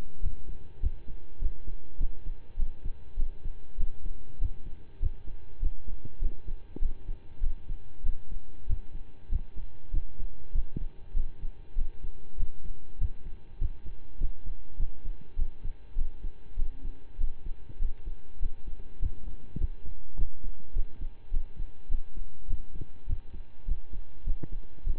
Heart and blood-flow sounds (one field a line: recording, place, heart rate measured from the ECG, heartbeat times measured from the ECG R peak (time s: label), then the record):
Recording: heart sounds by stethoscope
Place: between the tricuspid and mitral areas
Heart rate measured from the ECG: 100 bpm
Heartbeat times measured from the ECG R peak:
0.20 s: heartbeat
0.79 s: heartbeat
1.38 s: heartbeat
1.97 s: heartbeat
2.56 s: heartbeat
3.16 s: heartbeat
3.77 s: heartbeat
4.38 s: heartbeat
4.99 s: heartbeat
5.59 s: heartbeat
6.19 s: heartbeat
6.79 s: heartbeat
7.40 s: heartbeat
8.02 s: heartbeat
8.66 s: heartbeat
9.28 s: heartbeat
9.90 s: heartbeat
10.52 s: heartbeat
11.13 s: heartbeat
11.75 s: heartbeat
12.36 s: heartbeat
12.97 s: heartbeat
13.58 s: heartbeat
14.17 s: heartbeat
14.76 s: heartbeat
15.35 s: heartbeat
15.95 s: heartbeat
16.56 s: heartbeat
17.17 s: heartbeat
17.78 s: heartbeat
18.39 s: heartbeat
18.99 s: heartbeat
19.57 s: heartbeat
20.15 s: heartbeat
20.73 s: heartbeat
21.30 s: heartbeat
21.88 s: heartbeat
22.47 s: heartbeat
23.06 s: heartbeat
23.65 s: heartbeat
24.24 s: heartbeat
24.83 s: heartbeat
From the record:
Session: slow and fast walking with breaks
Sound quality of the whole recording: saturated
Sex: male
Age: 25 years